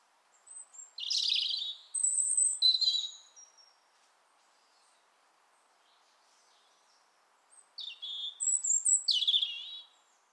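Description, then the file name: European robin singing two separate phrases of high, thin whistles and sparkling trills, with a few seconds of quiet between them. "Erithacus rubecula"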